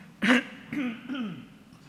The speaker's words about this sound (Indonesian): Kita batuk sama-sama dulu ya.